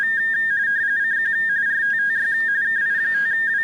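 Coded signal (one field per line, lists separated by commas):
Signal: RTTY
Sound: rapid warbling between two close pitches, steady teletype chatter throughout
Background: radio static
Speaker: So I'm gonna move over here and call CQ.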